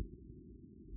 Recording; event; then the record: neck accelerometer signal played as sound; no cough (speech, laughter, throat clearing or background)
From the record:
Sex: male